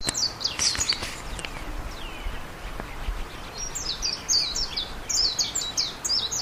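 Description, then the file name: Japanese white-eye uttering sharp, high chirps, a few at the start and then a rapid run of thin downslurred notes near the end, with faint background noise. "Japanese Mejiro"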